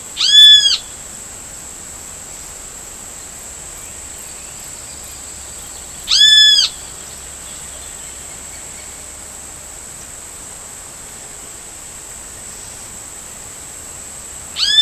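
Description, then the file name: Great kiskadee calling: loud, arched, harmonic notes about half a second long, repeated at intervals of about six to eight seconds, with a steady high hiss throughout. Recorded at Laguna Diario, Uruguay, 19 April 2013. "Pitangus-sulphuratus-Lag Diario-UY-19-4-13-ASilveira"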